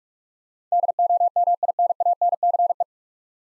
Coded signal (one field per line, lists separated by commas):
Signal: Morse code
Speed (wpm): 46 wpm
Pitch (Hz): 700 Hz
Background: none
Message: DOMINANCE